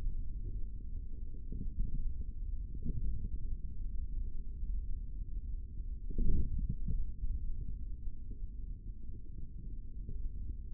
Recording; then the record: forearm muscle sounds (acoustic myography)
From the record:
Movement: index flexion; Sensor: system 3, bracelet of six PUI Audio POM-2738L microphones around the upper forearm, with dedicated amplification and filtering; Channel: 6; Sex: male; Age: 25 years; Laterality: right